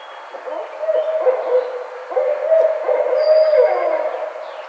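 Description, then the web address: Barred owl uttering a rapid series of hoots, building into longer wavering notes that end with a downward slur. 2009-05-04. "sounds birds Barred Owl 2009 05 04 Barred Owl"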